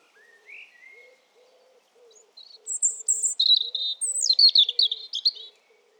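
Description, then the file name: European robin song with rising whistles, then high trills and descending sweeping notes; soft low repeated hums underneath throughout. "Erithacus rubecula"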